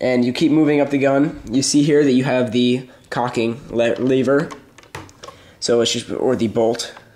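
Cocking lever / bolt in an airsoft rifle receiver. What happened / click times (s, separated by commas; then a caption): Handled, not yet home: the lever has not locked back / none. Someone talks while handling the cocking lever (bolt) in the receiver of a JLS FN2000 airsoft rifle, which has a really weak spring, with a few faint taps around 4.8 to 5.2 seconds. The lever has not yet been pulled back to lock, and nothing has clicked or seated yet.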